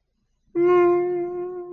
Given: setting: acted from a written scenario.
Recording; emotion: vocal sound without words; sadness